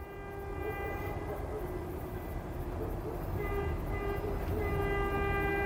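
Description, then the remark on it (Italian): A train rumbles past with a heavy, steady low roar, while a long multi-toned horn sounds over it throughout, swelling slightly louder toward the end. No voices. “In Cile ci sono treni fantasma che viaggiano di notte. provengono dalle miniere che si trovano vicino alla cordigliera.”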